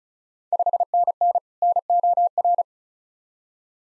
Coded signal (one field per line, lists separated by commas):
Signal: Morse code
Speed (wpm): 36 wpm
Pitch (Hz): 700 Hz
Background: none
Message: 5NN NOR